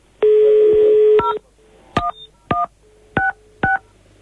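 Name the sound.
phone keypad dialing tones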